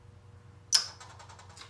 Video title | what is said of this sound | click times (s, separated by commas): RCBS APS Bench Priming System...this time after I sorted out how to do it right | you get that one click, you're ready to go. | 0.8 s